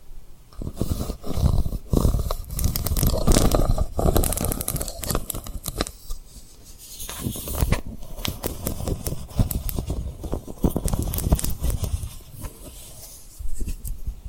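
Fingers tap and rub over rhinestones, making dense, busy clicking and scratchy rustling that runs almost without pause. Sharp taps cluster in quick bursts, with a softer, quieter stretch around the sixth second and again near the end.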